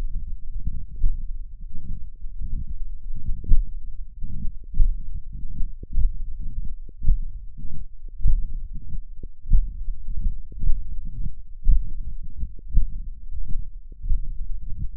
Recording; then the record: forearm muscle sounds (acoustic myography)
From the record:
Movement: tripod grip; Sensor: system 1, eight BSWA MPA416 microphones around the upper forearm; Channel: 8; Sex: male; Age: 21 years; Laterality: right